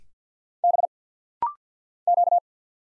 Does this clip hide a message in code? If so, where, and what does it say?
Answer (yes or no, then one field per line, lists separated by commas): yes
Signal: Morse code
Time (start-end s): 0.6-2.4 s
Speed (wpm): 50 wpm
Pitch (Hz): 700 Hz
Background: none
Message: B Q